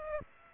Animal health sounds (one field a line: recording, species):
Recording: mosquito wingbeat signal from an infrared sensor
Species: Aedes aegypti